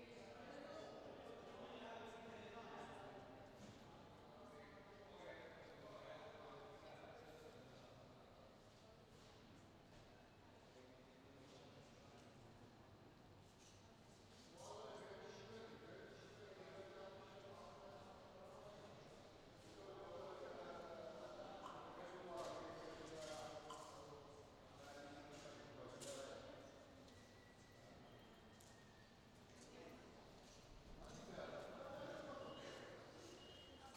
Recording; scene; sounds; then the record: everyday scene through a hearing-aid microphone; reverberant space; background noise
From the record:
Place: railway station hall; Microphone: in the ear canal, left